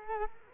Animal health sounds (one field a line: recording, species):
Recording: mosquito wingbeat signal from an infrared sensor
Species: Culex quinquefasciatus